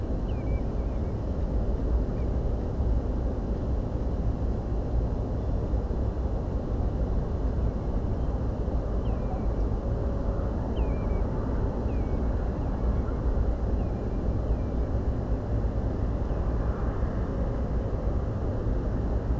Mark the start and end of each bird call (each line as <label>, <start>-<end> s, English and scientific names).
Common Redshank (Tringa totanus), 0.27-1.13 s
Common Redshank (Tringa totanus), 2.17-2.24 s
Common Redshank (Tringa totanus), 7.60-7.87 s
Common Redshank (Tringa totanus), 9.03-9.47 s
Common Redshank (Tringa totanus), 10.75-11.21 s
Common Redshank (Tringa totanus), 11.88-12.32 s
Common Redshank (Tringa totanus), 12.61-13.20 s
Common Redshank (Tringa totanus), 13.78-14.89 s
Common Redshank (Tringa totanus), 16.29-16.85 s